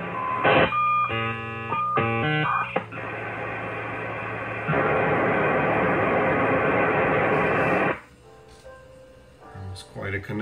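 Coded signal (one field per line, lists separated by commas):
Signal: dial-up modem handshake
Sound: quick dialing tones, steady beeping tones, then a loud wide hiss that stops abruptly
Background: quiet room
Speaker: and hit connect and see if it works prepare [Music] [Applause] dialing [Music] [Music] was quite a connection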